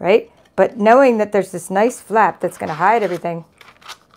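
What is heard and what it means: Someone talks while handling a folded cardstock gift box, with its sides held in and the hiding flap about to be pushed down. Faint crinkling comes from the paper, with brief small ticks near 3.8 and 4.1 seconds. The flap has not yet snapped into place, and nothing has seated yet.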